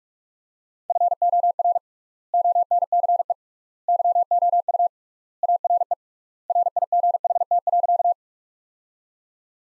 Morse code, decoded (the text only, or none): FOR ONCE YOU ARE RIGHT.